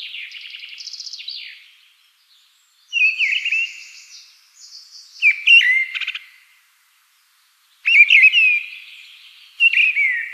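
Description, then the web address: Mistle thrush song: fluted whistled phrases separated by short, uneven pauses, with some scratchy high notes mixed in. Observation in 2013. "Aktuelle Beobachtungen 2013 Misteldrossel"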